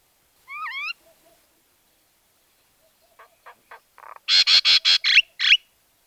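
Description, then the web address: Common myna calling: a single rising whistled note, soft clicks, then a loud series of harsh, grating squawks in quick succession. "soud Majna"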